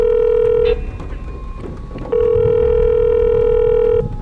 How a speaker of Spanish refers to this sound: ¿Por qué me llamas al móvil?